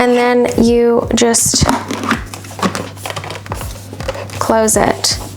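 Someone talks while handling the plastic dust pouch compartment lid on the body of a Halo Capsule X cordless vacuum, closing it over the dust pouch. Short handling taps and knocks are heard under background music. Nothing has snapped shut or seated yet.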